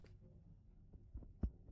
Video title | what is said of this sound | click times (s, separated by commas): 【Nu Tek ShockPhysio Basic SW3200 [Diffused Shockwave Therapy Device] Touchscreen Operation丨 | Then just snap it into place. You'll hear a click. | 1.4 s